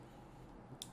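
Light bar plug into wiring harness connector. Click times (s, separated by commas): 0.8 s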